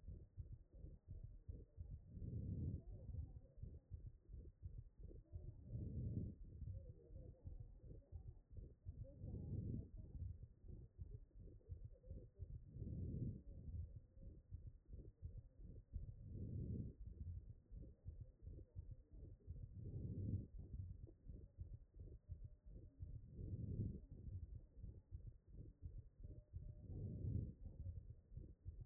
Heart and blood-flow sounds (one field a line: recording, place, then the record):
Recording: heart sounds by stethoscope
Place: tricuspid valve (TV)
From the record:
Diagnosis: HFrEF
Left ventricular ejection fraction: 34%